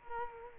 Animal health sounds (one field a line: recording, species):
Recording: mosquito wingbeat signal from an infrared sensor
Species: Culex quinquefasciatus